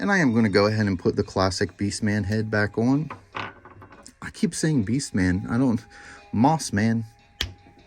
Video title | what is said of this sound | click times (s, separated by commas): Mossman Origins Flocked Walmart exclusive Unboxing and review | there you heard that snap | 7.4 s